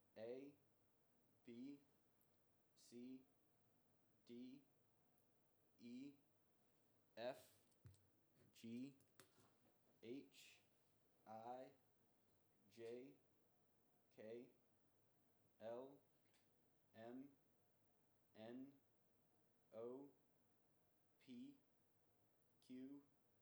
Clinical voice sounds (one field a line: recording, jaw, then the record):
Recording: letters of the alphabet, spoken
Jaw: free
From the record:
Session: first day, before the bite bar